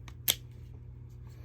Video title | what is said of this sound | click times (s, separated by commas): Headlamps, Can they start a fire? | so this just slides into here and then locks into place | 0.3 s